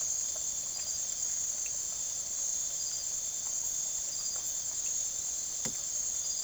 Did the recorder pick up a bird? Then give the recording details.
no. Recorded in secondary vegetation near Puerto Asís, Putumayo, Colombia, on 19 June 2025 at 03:30. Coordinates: 0.489, -76.322. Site G021